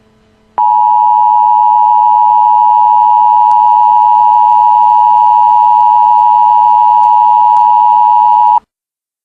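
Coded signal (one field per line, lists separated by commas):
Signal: Emergency Alert System (SAME) tones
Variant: 853 and 960 Hz attention tone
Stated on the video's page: Simulated EAS scenario alert about a missile launch, not a real broadcast.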